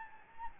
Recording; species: mosquito wingbeat signal from an infrared sensor; Anopheles gambiae